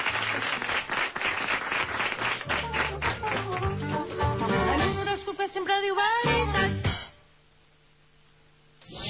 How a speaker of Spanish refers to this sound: Muchísimas gracias. Un aplauso, Pepe Domingo Castaño.